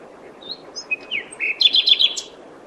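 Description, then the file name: Common nightingale song phrase: a few thin high whistles, then a fast run of repeated ringing notes near the end. "Luscinia megarhynchos"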